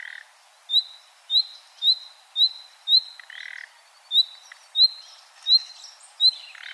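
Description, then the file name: Common nightingale calling with clear rising whistles repeated rapidly, broken by short harsh croaking notes. "Luscinia megarhynchos"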